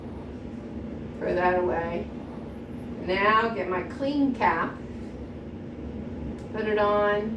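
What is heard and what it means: Someone talks while a clean cap is picked up and brought to the end of a catheter, ready to be pushed on. Beneath the voice runs a steady low hum. The cap is only being handled so far, and it has not clicked onto the catheter yet.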